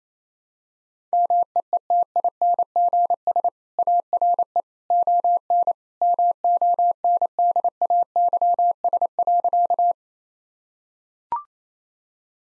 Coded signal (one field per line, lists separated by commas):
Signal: Morse code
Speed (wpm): 28 wpm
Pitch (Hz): 700 Hz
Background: none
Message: MEETINGS ARE ON MONDAYS.